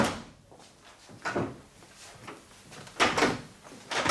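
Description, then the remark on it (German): Someone tugs at a locked door, producing a few sharp rattling clunks in separate bursts as the handle is worked, with quiet pauses between attempts and no talking. “Jetzt gucken wir mal, ob ihr die Tür aufkriegt.”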